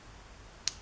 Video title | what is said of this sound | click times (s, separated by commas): Sunstreaker Blokees Construction | satisfying click. | 0.7 s